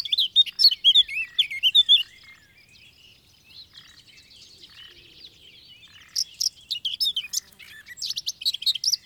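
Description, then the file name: Eurasian blackcap song: a short warbled burst, several seconds of near quiet, then another stretch of quick, scratchy and whistled notes. "Sylvia atricapilla"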